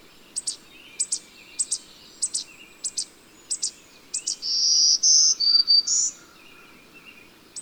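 Bird song: sharp, high double chirps repeated at a steady pace, broken by a brief run of clear, high whistled notes.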